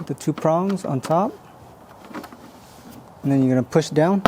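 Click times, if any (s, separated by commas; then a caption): none. A plastic insert is lined up with its two prongs on top against the console box lid of a 2021-2026 Toyota Sienna, ready to be pushed down. Someone talks, with a quiet pause between phrases. Nothing has seated or clicked yet.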